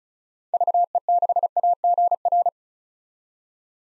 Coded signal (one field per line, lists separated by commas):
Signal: Morse code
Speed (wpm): 36 wpm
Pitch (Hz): 700 Hz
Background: none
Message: VE6AGR